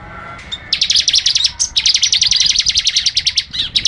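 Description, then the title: Bird song: a fast run of sharp, high-pitched chirping notes repeated many times a second for about three seconds, with one brief break. "SuaraBurung Kicau"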